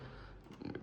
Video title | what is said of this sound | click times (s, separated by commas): TEMU Porsche brick set | Make sure that's clicked back in place. | 0.8 s